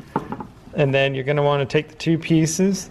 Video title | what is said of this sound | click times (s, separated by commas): 2017+ Nissan Rogue Sport - How to Replace the Key Fob Battery | place it in there so it snaps into place | 0.2 s